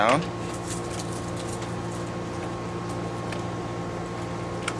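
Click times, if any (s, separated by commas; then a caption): none. Someone talks while a module, probably a memory stick, is pushed down into its motherboard slot over a steady hum with tonal whine, with only a brief tick near 4.7 s. The module fails to seat in the slot, and nothing has clicked into place yet.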